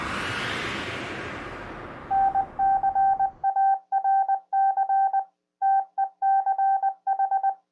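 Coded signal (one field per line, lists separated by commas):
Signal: Morse code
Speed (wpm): 20 wpm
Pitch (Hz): 780 Hz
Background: none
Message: NCARC TECH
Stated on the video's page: Repeater on 447.275 atop Horsetooth Mountain near Fort Collins, Colorado, with negative offset and 100Hz tone, during a weekly amateur radio tech net.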